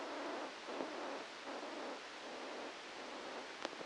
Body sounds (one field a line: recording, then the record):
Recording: brain microelectrode recording played as sound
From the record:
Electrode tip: outside the subthalamic nucleus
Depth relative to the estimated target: 3 mm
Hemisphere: left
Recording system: NeuroSet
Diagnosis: Parkinson's disease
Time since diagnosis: 13 years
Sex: male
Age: 63 years